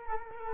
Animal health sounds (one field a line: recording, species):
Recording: mosquito wingbeat signal from an infrared sensor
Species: Culex quinquefasciatus